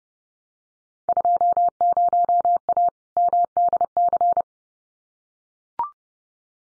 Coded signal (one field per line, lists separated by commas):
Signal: Morse code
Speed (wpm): 30 wpm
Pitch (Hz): 700 Hz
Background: none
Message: 20A MDC